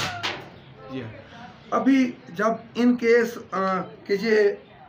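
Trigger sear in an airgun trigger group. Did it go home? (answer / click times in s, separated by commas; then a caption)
no / none. Someone talks while working a removed B3 airgun trigger group by hand, handling the trigger sear, with a few soft knocks in the first second. The trigger group is being cocked, but the clip ends before the sear catches, so nothing has seated or clicked yet. The trigger group will not fire.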